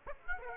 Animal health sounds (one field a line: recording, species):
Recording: mosquito wingbeat signal from an infrared sensor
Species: Aedes aegypti